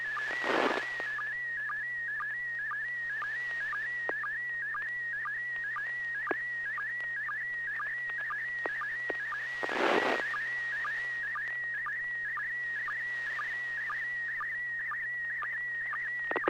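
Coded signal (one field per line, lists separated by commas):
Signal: SSTV (slow-scan television)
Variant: PD120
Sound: steady whistle near 1.9 kHz with quick low blips about twice a second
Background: radio static bursts, low hum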